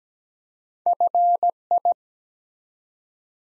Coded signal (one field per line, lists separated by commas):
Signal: Morse code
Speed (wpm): 17 wpm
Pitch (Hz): 700 Hz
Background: none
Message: FI